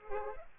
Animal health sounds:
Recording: mosquito wingbeat signal from an infrared sensor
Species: Culex pipiens

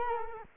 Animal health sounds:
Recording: mosquito wingbeat signal from an infrared sensor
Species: Culex quinquefasciatus

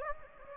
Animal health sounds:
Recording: mosquito wingbeat signal from an infrared sensor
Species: Anopheles gambiae

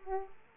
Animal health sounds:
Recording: mosquito wingbeat signal from an infrared sensor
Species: Aedes aegypti

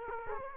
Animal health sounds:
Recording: mosquito wingbeat signal from an infrared sensor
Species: Culex quinquefasciatus

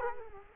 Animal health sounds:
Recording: mosquito wingbeat signal from an infrared sensor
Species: Culex quinquefasciatus

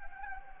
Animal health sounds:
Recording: mosquito wingbeat signal from an infrared sensor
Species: Anopheles gambiae

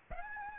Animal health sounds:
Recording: mosquito wingbeat signal from an infrared sensor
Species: Aedes aegypti

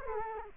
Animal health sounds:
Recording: mosquito wingbeat signal from an infrared sensor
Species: Culex quinquefasciatus

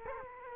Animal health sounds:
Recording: mosquito wingbeat signal from an infrared sensor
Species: Culex quinquefasciatus

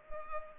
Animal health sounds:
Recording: mosquito wingbeat signal from an infrared sensor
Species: Culex pipiens

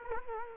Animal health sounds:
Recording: mosquito wingbeat signal from an infrared sensor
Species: Culex quinquefasciatus

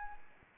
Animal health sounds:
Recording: mosquito wingbeat signal from an infrared sensor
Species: Anopheles arabiensis

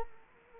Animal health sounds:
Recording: mosquito wingbeat signal from an infrared sensor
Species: Culex quinquefasciatus

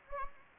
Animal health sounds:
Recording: mosquito wingbeat signal from an infrared sensor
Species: Anopheles gambiae

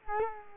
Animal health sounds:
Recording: mosquito wingbeat signal from an infrared sensor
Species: Culex quinquefasciatus

